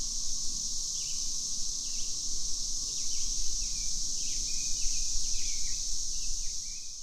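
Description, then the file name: Cicada chorus as an even, high-pitched hiss, joined by a series of brief, falling bird chirps throughout. Cicadas recorded together with birds at Little Grand, June 2015. "Cicadas Plus Birds Little Grand Jun 2015"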